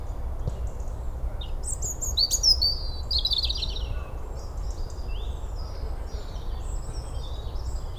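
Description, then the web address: European robin song: a short, bright burst of high tinkling trills and slurred whistles, then fainter high phrases, above continuous low rumble. "SETE data Erithacus rubecula"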